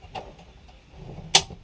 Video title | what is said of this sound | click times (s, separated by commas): How to take apart an SKS rifle | Bayonet down. It's all locked into place. | 1.4 s